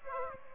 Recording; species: mosquito wingbeat signal from an infrared sensor; Aedes aegypti